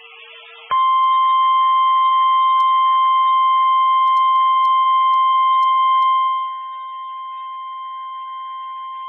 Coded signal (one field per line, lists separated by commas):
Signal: Emergency Alert System (SAME) tones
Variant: 1050 Hz attention tone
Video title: Severe Thunderstorm Warning On KDO89 5/20/2022 (EAS #1,513) *Audio Only*